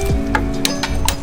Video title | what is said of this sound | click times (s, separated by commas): Oil Change For A90 Supra and New Wheels - EP. 8 | Hear that click? | 0.7 s